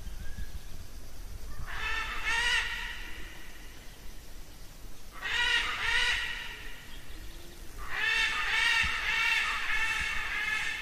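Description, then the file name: Military macaw giving three harsh, raucous squawks, the first two each about a second long and the last longer and running on to the end, starting roughly three seconds apart, with a low background rumble. "canto da arara militar"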